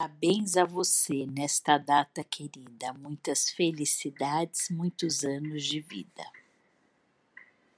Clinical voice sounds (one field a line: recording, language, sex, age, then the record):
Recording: short text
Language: Brazilian Portuguese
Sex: female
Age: 50 to 59 years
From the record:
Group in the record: control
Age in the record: 54 years